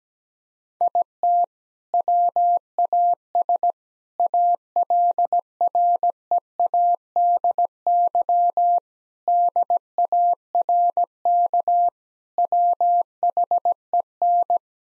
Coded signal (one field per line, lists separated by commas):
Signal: Morse code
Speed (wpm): 17 wpm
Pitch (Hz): 700 Hz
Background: none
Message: IT WAS ALREADY DARK WHEN